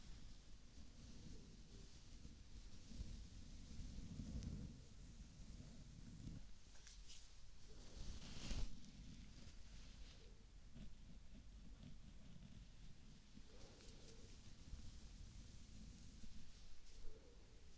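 Continuous scratching and brushing on the scalp, a dense rustling with low rubbing and a sharper scrape near eight seconds.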